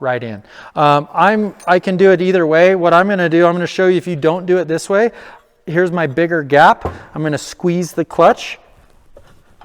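A man talks through most of the clip while preparing to fit a metal helix into a secondary clutch, pointing out a bigger gap and moving to squeeze the clutch sheaves against the spring. Faint handling noises follow near the end, around 9.2 to 9.7 seconds. Nothing has seated or clicked yet.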